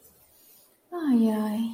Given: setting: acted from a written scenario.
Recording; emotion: vocal sound without words; serenity